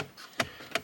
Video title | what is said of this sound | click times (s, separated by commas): Ford Mustang Amplifier and Subwoofer Installation (2010-2014) | and guys it's really just as easy as popping it into place just like that | 0.4 s, 0.8 s